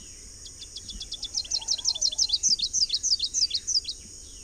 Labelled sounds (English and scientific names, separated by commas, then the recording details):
Rufous-capped Warbler (Basileuterus rufifrons) song
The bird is a male
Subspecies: salvini
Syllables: 29
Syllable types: 5
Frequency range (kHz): 2.7-7.1 kHz
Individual TX-SOR-M